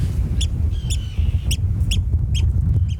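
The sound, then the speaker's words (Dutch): Harsh, grating calls of sandwich terns flying past ring out repeatedly, about six sharp rasping notes spaced irregularly over a steady low rumble of wind or surf. “Hele scherpe snavel en een heel scherp geluid. Dus ze knersen hier voortdurend voorbij.”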